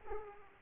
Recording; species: mosquito wingbeat signal from an infrared sensor; Aedes aegypti